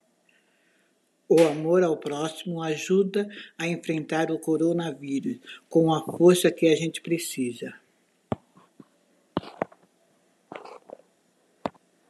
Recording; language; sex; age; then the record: spoken sentence; Brazilian Portuguese; female; 60 to 69 years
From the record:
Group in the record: control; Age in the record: 61 years